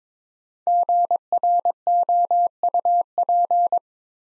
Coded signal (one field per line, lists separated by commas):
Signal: Morse code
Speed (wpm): 22 wpm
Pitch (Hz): 700 Hz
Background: none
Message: GROUP